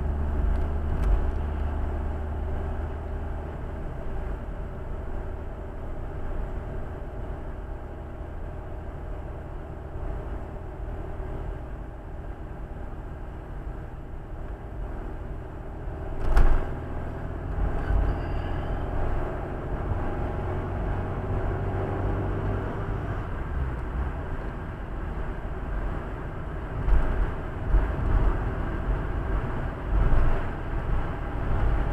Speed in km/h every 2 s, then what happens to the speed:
57, 58, 58, 59, 59, 60, 60, 60, 63, 68, 72, 74, 74, 76, 77, 78.
0-14 steady at about 59. 14-21 speeds up to 74. 21-32 steady at about 76.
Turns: none.